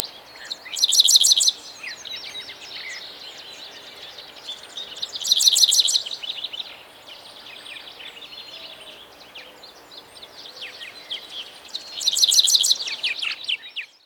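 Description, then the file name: Dickcissel singing three loud, buzzy, rapidly stuttered phrases, each under a second long, with softer chirping in between. "Spiza americana - Dickcissel"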